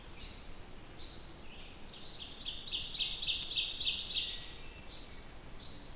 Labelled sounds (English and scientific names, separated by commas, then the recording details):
Ovenbird (Seiurus aurocapilla) song
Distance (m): 35 m
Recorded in boreal forest in Alberta, Canada, on 28 June 2016 at 08:21
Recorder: SongMeter 3, array SBT-6-79
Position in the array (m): 34 m, 128 m
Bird 40